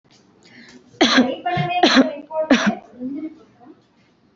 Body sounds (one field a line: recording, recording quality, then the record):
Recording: shallow voluntary cough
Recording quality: moderate, slight background noise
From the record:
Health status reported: healthy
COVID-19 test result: negative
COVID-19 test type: RT-PCR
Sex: female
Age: 19 years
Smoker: no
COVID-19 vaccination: both doses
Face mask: worn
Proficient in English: yes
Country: India